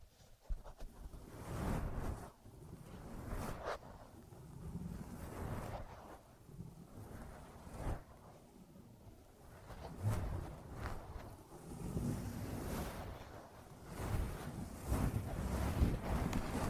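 Close rubbing and scraping for an ear massage and cleaning, a steady low rumble broken by bright brushing swipes every second or two.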